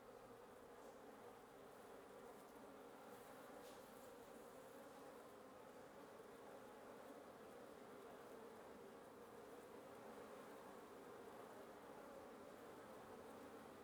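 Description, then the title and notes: Wasp drone from a nest, many wings blending into one continuous hum. Wasp nest under the roof of the recordist's residence at 1a Avenida Norte 19, Antigua Guatemala, Guatemala; recorded in the morning. "1a Avenida Nte 19, Antigua Guatemala, Guatemala - Un nid de guêpes. Un nid de guêpes sous le toit de ma résidence. Prise de sons (matinale) : JF CAVRO"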